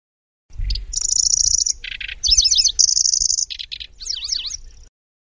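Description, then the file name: Lanceolated warbler delivers a varied phrase: high sustained reeling trills, coarse buzzy segments, and looping whistled notes rising and falling quickly. "suara kicauan burung kecici belalang. omkicau"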